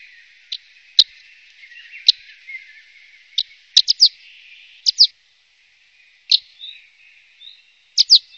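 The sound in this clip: Bird calling with brief, bright chips and downward-sweeping notes, sometimes paired, scattered irregularly over the recording with short silent gaps.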